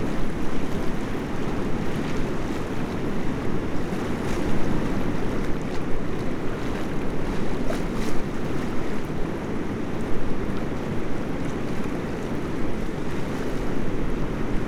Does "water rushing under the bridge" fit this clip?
yes